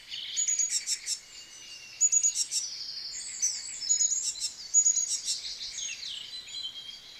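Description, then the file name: Great tit giving several phrases of high thin notes and rapid ticking. "Parus major"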